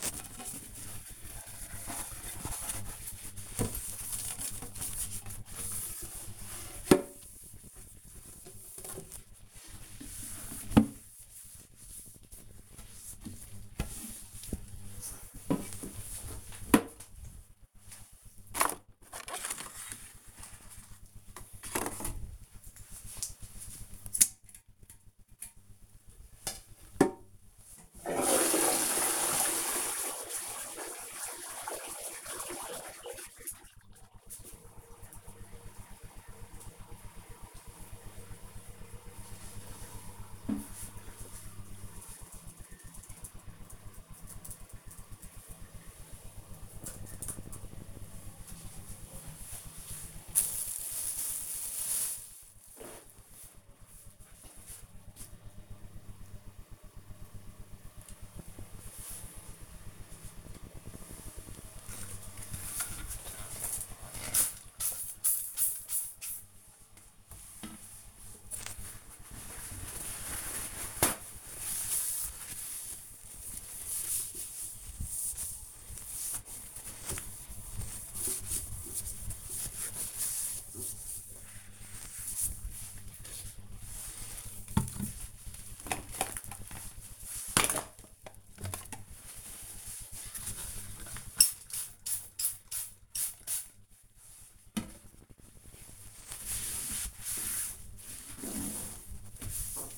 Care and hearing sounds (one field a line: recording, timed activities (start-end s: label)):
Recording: household activities, microphone on the right wrist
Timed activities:
0.00-38.80 s: bathroom cleaning (toilet)
59.94-99.98 s: bathroom cleaning (bathtub)